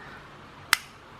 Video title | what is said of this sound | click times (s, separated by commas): Better Than Expected? Kershaw Shuffle 2 Brutally Honest Review Of A Small EDC Knife | one thing I do like about this lock bar here I dislike the lock bar here is that it has nice click when you engage it just listen to that yeah | 0.7 s